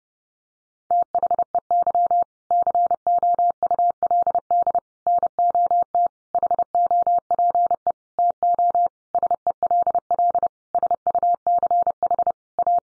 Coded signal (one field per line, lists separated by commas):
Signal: Morse code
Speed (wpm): 30 wpm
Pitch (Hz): 700 Hz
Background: none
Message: THEY COULD NOT HOPE TO SELL SUCH A